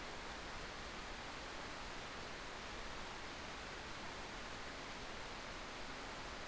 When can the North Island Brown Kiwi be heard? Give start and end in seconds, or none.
none